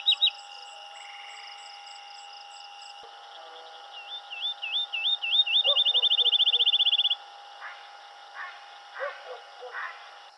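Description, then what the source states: Field sparrow singing a series of sweet whistled notes that quicken into a rapid trill, followed by a few lower, softer sounds. Recorded on 7 July 2007.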